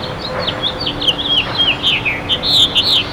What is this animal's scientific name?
Haemorhous mexicanus